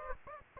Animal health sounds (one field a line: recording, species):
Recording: mosquito wingbeat signal from an infrared sensor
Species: Aedes aegypti